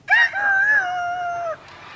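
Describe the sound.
A professional animal-voice imitator imitates a rooster's crow: one long, sustained, slightly wavering high-pitched call lasting about a second and a half, loud and alone, ending abruptly.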